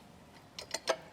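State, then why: Seated. An impeller/rotor part is pushed into the body of a Cazaux Oenoflex 200 wine pump, fitted with its small lug facing the pump so it goes in the right way round. After a faint scuff at about 0.6 s, two short, sharp clicks come at 0.7 s and 0.9 s. The part has seated in place.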